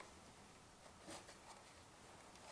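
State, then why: Not seated. A plastic electrical connector is pressed onto an ignition coil during a spark plug replacement on a 2006–2022 Honda Accord with a 1.8, 2.0 or 2.4 engine. Only a weak hit is heard at 0.0 s, followed by quiet low background noise, and no click sounds at any point. Even so, the connector is seated: its inner central area sits deep and it cannot be pulled out.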